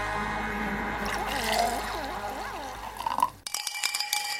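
A short Radio Iperico jingle with the sound of a toast: pouring liquid with gliding, ringing tones, followed by bright glass clinks that ring out with sustained high chimes near the end.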